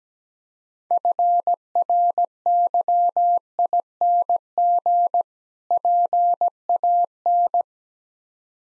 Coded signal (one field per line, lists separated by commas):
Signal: Morse code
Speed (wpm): 17 wpm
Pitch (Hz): 700 Hz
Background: none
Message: FRYING PAN